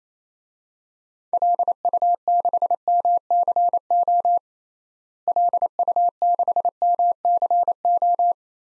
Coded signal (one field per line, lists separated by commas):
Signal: Morse code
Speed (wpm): 27 wpm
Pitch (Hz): 700 Hz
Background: none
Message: LU6MCO LU6MCO